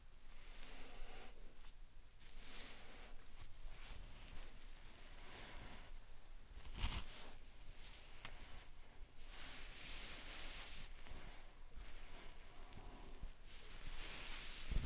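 Slime and sand being handled, with soft crinkly rustling and squishing that comes in uneven bursts. Brighter, hissing swells stand out near seven seconds and again around ten and fourteen seconds, over a quiet, steady bed of texture throughout.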